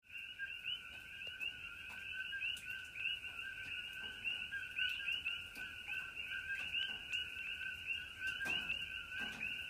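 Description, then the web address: Continuous coqui frog chorus of overlapping high chirping notes on two pitches, with sparse drip-like taps of light rain. Several coqui frogs calling in Hawaii during light rain. "coqui frogs aloha with light rain"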